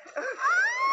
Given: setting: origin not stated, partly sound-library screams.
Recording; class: one-second piece from a danger detection set; woman in danger